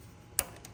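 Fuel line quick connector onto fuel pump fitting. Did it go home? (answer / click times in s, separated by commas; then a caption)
partly / 0.4 s. A fuel line quick-connector is pushed onto the fitting of a newly installed fuel pump. A single sharp click at 0.4 s stands out against a quiet background, followed by a faint softer tick shortly after. The connector clicks but is not fully seated; it looks a little off, so it has to be tried again.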